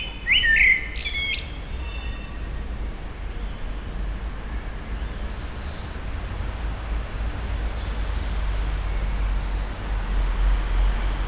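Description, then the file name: Common blackbird song: one short fluted phrase with a high squeaky ending at the start, then a steady low rumble. Recorded at a petrol station, April 2021. "2021 APR-Amsel-Tankstelle"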